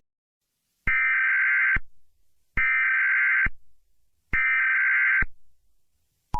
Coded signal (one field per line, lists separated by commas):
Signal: Emergency Alert System (SAME) tones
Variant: header bursts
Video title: EAS Collab Scenario 1 - Holy Ukrainian Reich (Collab w/ Dormio Studios Official)